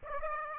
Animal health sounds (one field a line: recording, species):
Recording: mosquito wingbeat signal from an infrared sensor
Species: Aedes aegypti